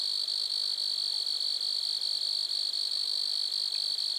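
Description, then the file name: Grasshopper trill: an even, high-pitched buzz continuing without pause throughout. Grasshoppers recorded at Lac-à-François, Montcerf-Lytton, Quebec, Canada. "criquets-grasshoppers- -lac-acc 80-franccca 7 ois-montcerf-lytton-quecc 81 bec-canada"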